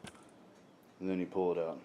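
The center of a plastic push-pin trim fastener in the tail fairing of a Ninja 300 motorcycle is pressed down with a screwdriver or allen tool just until it snaps, giving a short sharp click at 0.1 s. The snap unlocks the pin so it can be pulled out, releasing the fastener. After a quiet stretch, someone talks from about 1.0 s.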